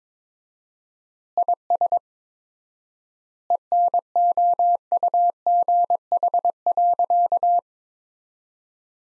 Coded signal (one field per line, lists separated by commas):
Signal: Morse code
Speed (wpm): 22 wpm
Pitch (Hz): 700 Hz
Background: none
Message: IS ENOUGH.